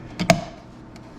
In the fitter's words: there we go this wasn't quite snapped into place